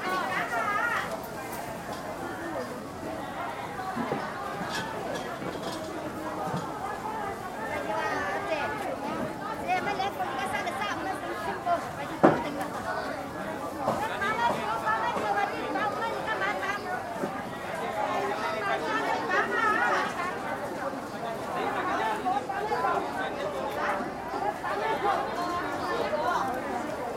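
Vendors at a Hong Kong wet market call out busily, their voices layered into a dense, continuous crowd murmur with no pauses across the whole stretch. The level stays fairly even, and a single sharp click or knock stands out around twelve seconds.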